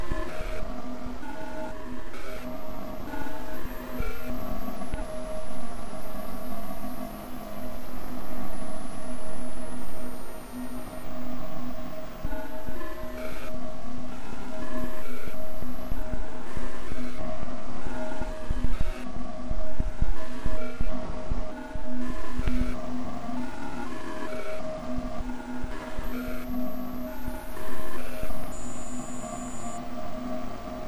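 Digitally processed Niagara Falls sounds form a dense, steady drone with a held low hum, grumbling pulses and brief bright flickers throughout.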